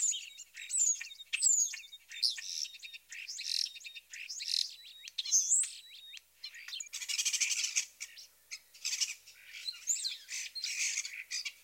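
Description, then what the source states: European Starling song, a jumble of thin squeals, whistled slurs, harsh buzzy rattles and clicks running continuously throughout. Several birds giving typical complex vocalizations: high-pitched squeaky squeals, wolf whistles, garbled clucks and clicks; wolf whistle notes aid recognition.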